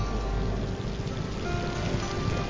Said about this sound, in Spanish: En octubre llegan los monzones a Borneo. Entonces no para de llover, algo realmente insoportable incluso para un orangután.